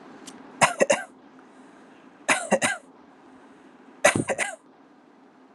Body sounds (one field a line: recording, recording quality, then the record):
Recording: shallow voluntary cough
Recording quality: excellent, no background noise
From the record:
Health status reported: healthy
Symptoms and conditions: none ticked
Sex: male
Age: 19 years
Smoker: not ticked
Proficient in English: yes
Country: India